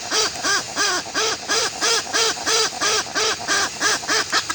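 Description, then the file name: Westland petrel uttering loud, even, arched croaking notes in a steady rhythm of roughly three per second. "westland black petrel song"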